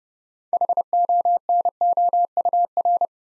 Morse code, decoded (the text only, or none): HONOUR